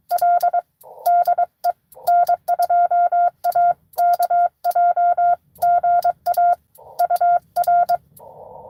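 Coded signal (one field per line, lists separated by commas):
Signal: Morse code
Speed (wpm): 23 wpm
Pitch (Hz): 700 Hz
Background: none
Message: L DE N2AKJ GA UR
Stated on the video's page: Live CW Parks on the Air activation.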